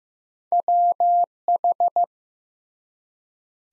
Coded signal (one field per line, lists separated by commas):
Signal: Morse code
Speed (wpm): 15 wpm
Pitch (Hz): 700 Hz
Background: none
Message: WH